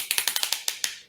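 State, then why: Seated. A Kore Essentials EDC gun belt strap is pushed into its ratcheting buckle, where a hidden track on the back catches it notch by notch like a zip tie. Sharp clicks sound at 0.1, 0.2, 0.3, 0.4, 0.5 and 0.8 seconds. The belt end seats in the buckle's track.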